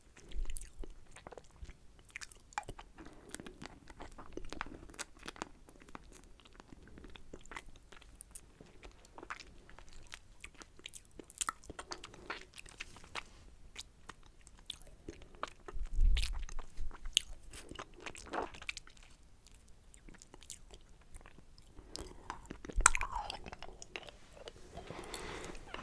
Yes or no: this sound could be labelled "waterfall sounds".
no